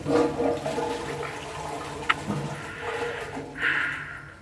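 A toilet flushes with a loud rushing, gurgling surge of water that swells and churns for several seconds, with a brief sharp clink partway through and no talking.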